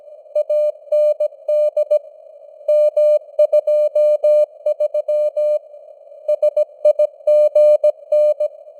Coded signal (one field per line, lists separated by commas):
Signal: Morse code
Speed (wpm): 17 wpm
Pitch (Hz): 600 Hz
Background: none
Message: AND M23 SIGN